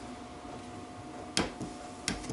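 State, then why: Torque reached. A fastener on a BSA B25 Starfire crankshaft is tightened with a torque wrench during a crankshaft rebuild over a quiet, steady background. The wrench gives two sharp clicks at 1.4 s and 2.1 s, showing it has reached its torque setting.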